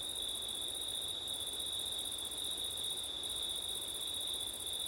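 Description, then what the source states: Crickets singing a continuous high trill, the topmost shimmering band pausing twice briefly, over a steady soft noise bed. Crickets singing on a September night, with wind.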